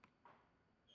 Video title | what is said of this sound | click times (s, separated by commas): 2022+ Tundra sPOD BantamX Install (Step-By-Step) — Clean, Factory-Look Switch Panel Wiring | and then they will pop off. | 0.0 s, 0.3 s